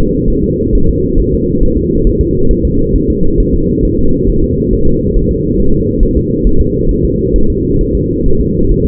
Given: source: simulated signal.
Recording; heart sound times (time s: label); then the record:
fetal heart sounds
0.30 s: S1
0.44 s: S2
0.75 s: S1
0.89 s: S2
1.19 s: S1
1.34 s: S2
1.63 s: S1
1.77 s: S2
2.07 s: S1
2.21 s: S2
2.51 s: S1
2.65 s: S2
2.96 s: S1
3.10 s: S2
3.40 s: S1
3.55 s: S2
3.85 s: S1
3.99 s: S2
4.30 s: S1
4.44 s: S2
4.73 s: S1
4.87 s: S2
5.17 s: S1
5.31 s: S2
5.60 s: S1
5.74 s: S2
6.03 s: S1
6.17 s: S2
6.47 s: S1
6.61 s: S2
6.91 s: S1
7.05 s: S2
7.36 s: S1
7.50 s: S2
7.81 s: S1
7.95 s: S2
8.26 s: S1
8.41 s: S2
8.72 s: S1
8.86 s: S2
From the record:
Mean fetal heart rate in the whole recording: 135 bpm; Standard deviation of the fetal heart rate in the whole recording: 3 bpm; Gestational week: 36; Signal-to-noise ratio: -17.7 dB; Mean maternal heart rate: 72 bpm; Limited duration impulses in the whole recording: present